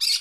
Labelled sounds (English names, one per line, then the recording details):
Brown-throated Parakeet contact call
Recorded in Curacao
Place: Hoffi Jan Thiel
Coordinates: 12.094, -68.877